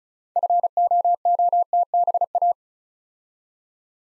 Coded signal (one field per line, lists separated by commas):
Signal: Morse code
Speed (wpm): 36 wpm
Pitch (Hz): 700 Hz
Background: none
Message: FOOTBA